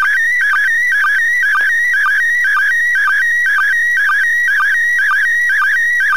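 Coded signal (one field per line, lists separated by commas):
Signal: SSTV (slow-scan television)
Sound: continuous warbling whistle-like tone with a rapid regular ticking blip, about four per second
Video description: Λήψη SSTV από τον διεθνή διαστημικό σταθμό (ISS) στα 2m (145.800)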